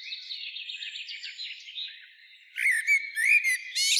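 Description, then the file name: Common blackbird calls: soft warbled whistles at first, then sharper chirps, rising slurs and buzzy notes crowding together near the end. "Turdus merula"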